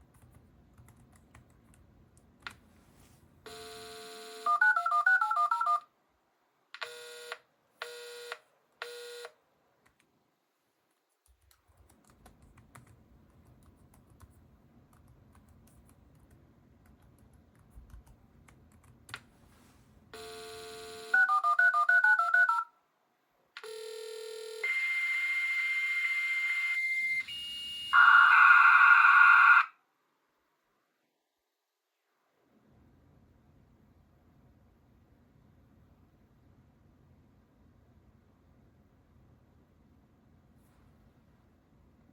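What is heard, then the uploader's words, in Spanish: Telephone dialing tones beep in short bursts near 4–9 seconds and again around 21–30 seconds, with longer steady tones, over a faint low hum. Telneteando a telehack con el WiFi Retromodem V3 , con sonido de discado telefónico. Se trata de una plaqueta de reemplazo para un módem telefónico Hayes Smartmodem externo de 1200 o 2400 baudios. Aprovecha el parlante y los LEDS del módem Hayes para mejorar la experiencia retro de discado con comandos AT.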